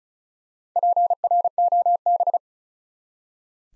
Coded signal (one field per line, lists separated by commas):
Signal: Morse code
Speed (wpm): 36 wpm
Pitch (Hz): 700 Hz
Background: none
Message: PROB